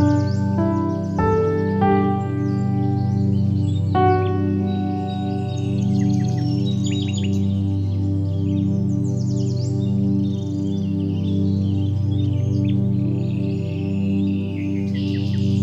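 Soft piano notes ring out and sustain over a low, steady hum while birds chirp and tweet high above throughout.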